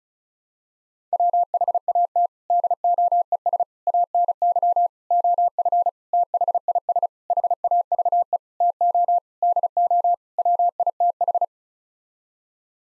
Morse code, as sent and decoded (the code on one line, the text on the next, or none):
.-- .... .- - / -.. --- . ... / .- -. -.-- / --- ..-. / - .... .. ... / .... .- ...- . / - --- / -.. --- / .-- .. - ....
WHAT DOES ANY OF THIS HAVE TO DO WITH